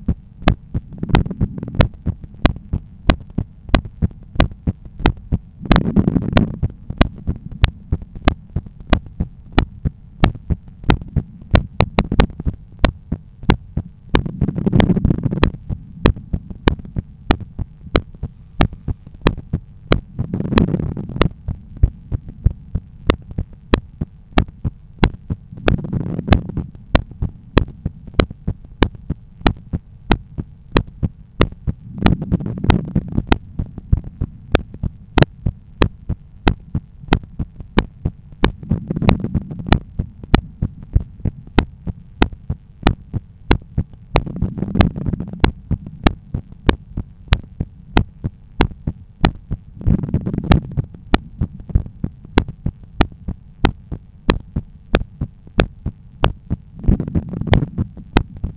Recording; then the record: heart sounds by stethoscope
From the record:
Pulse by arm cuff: 92 bpm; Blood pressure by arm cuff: 122/80 mmHg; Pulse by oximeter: 93 bpm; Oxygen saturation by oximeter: 96%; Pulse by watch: 93 bpm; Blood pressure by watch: 126/82 mmHg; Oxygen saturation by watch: 97%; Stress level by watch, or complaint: low stress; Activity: 30 min no smoking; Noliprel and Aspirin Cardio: after pills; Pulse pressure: 42 mmHg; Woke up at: 7:30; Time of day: 20:20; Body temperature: 36.3 C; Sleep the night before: 8 h 32 min, score 78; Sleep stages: REM 32%, light 50%, deep 12%, awake 6%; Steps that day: 9500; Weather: clear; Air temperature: 21.5 C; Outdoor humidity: 65%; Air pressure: 1014 hPa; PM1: 11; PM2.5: 14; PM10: 21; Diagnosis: hypertension, treated with Noliprel and Aspirin Cardio 100 mg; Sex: male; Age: 53 years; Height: 174 cm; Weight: 81 kg